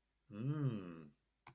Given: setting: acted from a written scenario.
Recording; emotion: vocal sound without words; desire